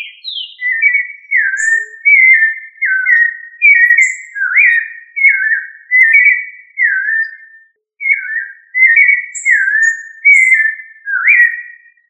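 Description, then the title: Thrush song of mellow whistled notes, many dropping in pitch, repeated in continuous varied phrases with faint high tinkling notes now and then. Family Turdidae; local name sabiá. "Familia Turdidae - Sabia"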